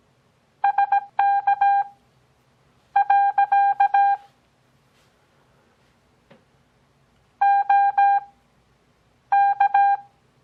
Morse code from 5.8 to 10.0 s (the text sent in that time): OK